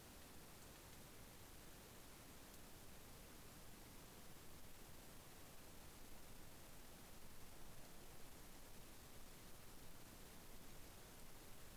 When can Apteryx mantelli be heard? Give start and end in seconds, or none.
none